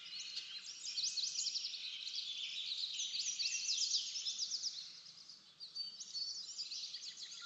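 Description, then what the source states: Birds twittering and trilling continuously, the singing thinning briefly near five and a half seconds. Backyard.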